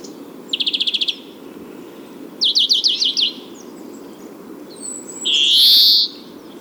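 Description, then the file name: European greenfinch: two fast, ticking trills followed by a long, drawn-out nasal wheeze lasting about a second, over a low background hum. "Chloris chloris"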